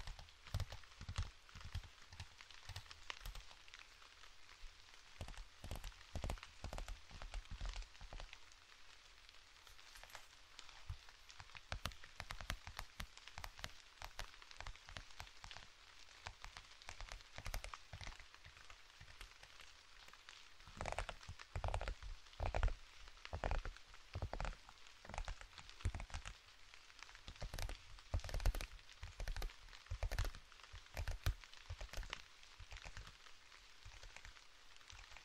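Steady rain hisses underneath a busy layer of sharp taps and scratchy clicks that come in quick, irregular clusters throughout. The tapping thins slightly around the middle, then grows denser and louder again toward the end, with occasional dull low thumps.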